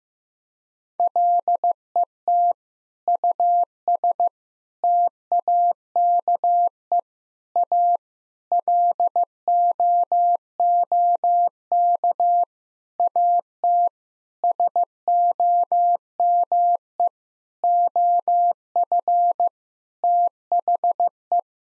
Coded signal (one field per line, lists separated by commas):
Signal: Morse code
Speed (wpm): 15 wpm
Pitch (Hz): 700 Hz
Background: none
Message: LET US TAKE A LOOK AT SOME OF THE